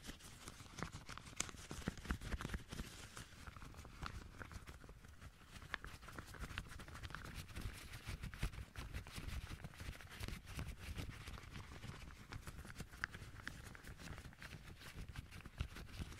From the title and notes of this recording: ASMR Hand Sounds No Talking - Different Glove Sounds.